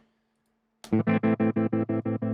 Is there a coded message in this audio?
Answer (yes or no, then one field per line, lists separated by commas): no